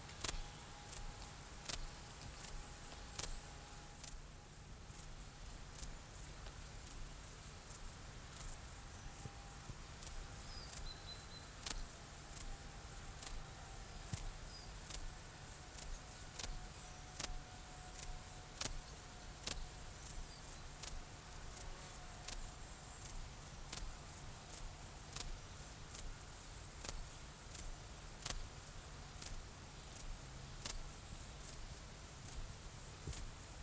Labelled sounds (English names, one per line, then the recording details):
European Crested Tit
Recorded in the wild
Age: adult
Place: Treuchtlingen, Heumöderntal, Bayern, DE
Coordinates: 48.96, 10.91
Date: 1993-09-07 17:54
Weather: 20 °C, wolkig
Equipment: Marantz CP 430, Sennheiser MKH 416 T, Kopie Uher Variocord 263
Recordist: Tembrock, Günter